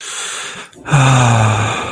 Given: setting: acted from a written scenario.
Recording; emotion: vocal sound without words; ecstasy